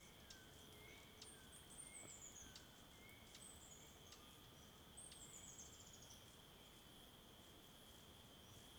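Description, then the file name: Cricket giving a steady high continuous trill, joined by birds giving thin descending whistles and short notes over a soft background hiss. Calm riverbank in the afternoon, with many birds and distant crickets. "Ambiencia beira do rio calmo a tarde com muitos passaros e grilos longe"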